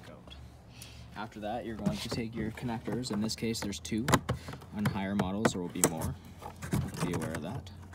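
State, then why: Not seated. Someone talks while handling the two wiring connectors on a 2020 F150 door panel, which plug into their mating sockets as the panel is reinstalled (higher models have more connectors). Only faint handling noises are heard under the talking, and nothing has seated or clicked yet.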